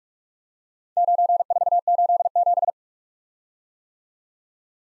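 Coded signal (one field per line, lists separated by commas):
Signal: Morse code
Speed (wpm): 44 wpm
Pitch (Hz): 700 Hz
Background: none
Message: 9487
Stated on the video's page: Morse practice of random four-character letter-number groups at 45 wpm for head-copy.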